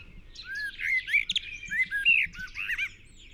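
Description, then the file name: Eurasian blackbird giving short fluty whistled phrases, rising and falling, mixed with high chirping and twittering notes. "Turdus merula"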